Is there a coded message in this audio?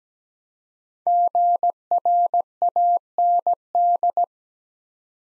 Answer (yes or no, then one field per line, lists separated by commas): yes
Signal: Morse code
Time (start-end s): 1.1-4.2 s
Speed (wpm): 17 wpm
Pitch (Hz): 700 Hz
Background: none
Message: GRAND